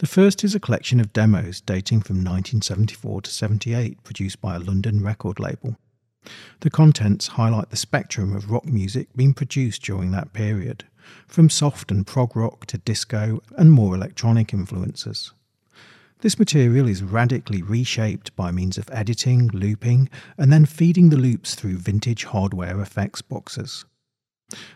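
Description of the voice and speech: Steady, fluent adult male narration with clear consonants and natural phrase pauses; typical speech without disfluency.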